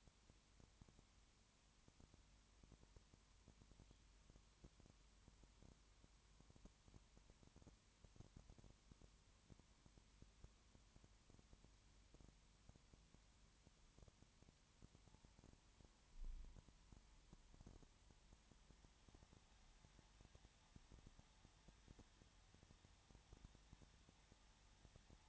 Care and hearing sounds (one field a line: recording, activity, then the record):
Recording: daily activity, microphone in the room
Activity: no activity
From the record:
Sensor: 3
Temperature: 21.1 degrees Celsius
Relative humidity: 37.0%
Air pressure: 1010.6 hPa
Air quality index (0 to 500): 204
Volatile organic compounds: 31 ppm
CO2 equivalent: 2972 ppm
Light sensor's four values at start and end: 2/3/2/2 and 2/3/2/2